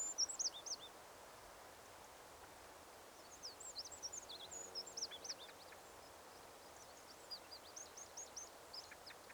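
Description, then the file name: Eurasian wren uttering scattered high, sharp notes in short irregular runs throughout, faint against constant low hiss. "Troglodytes troglodytes"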